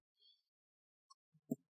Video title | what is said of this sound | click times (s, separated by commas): How to Replace the PSU on PlayStation 5 Slim CFI-2000 - PS5 Power Supply Fix | push it down and front end nice click | 1.1 s, 1.5 s